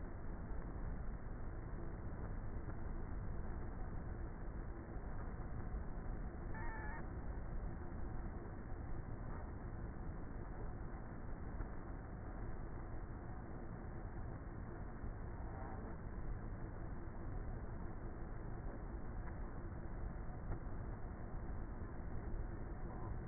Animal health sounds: honeybee colony, microphone inside the hive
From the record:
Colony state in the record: queenless with a low population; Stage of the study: before two queens were removed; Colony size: about 30,000 bees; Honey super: no

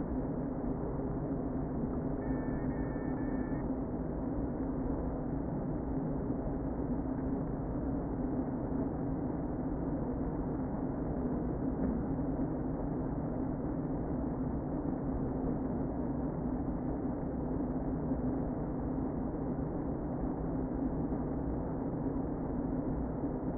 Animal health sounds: honeybee colony, microphone inside the hive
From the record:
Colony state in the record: queen present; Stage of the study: before two queens were removed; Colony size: about 60,000 bees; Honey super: yes

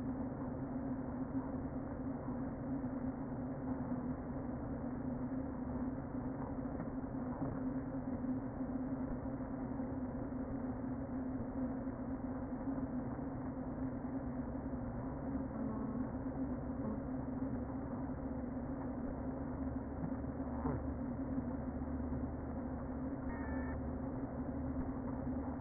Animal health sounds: honeybee colony, microphone inside the hive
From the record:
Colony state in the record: queen present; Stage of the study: before two queens were removed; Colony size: about 60,000 bees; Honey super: yes

